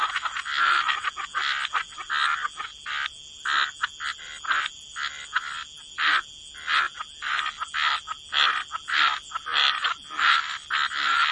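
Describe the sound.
Frogs calling in a chorus, short raspy croaks repeated in quick uneven bursts, with a faint constant high hum behind.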